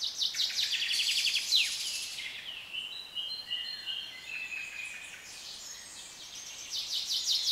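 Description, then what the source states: Bird song opening with fast rattling trills and chirps, then slower whistled notes and warbles from several birds over a hissy background. British birds in a nature atmosphere.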